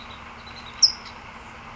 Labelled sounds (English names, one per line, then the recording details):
California Towhee
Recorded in Sonoma County, California